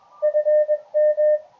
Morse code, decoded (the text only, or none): FM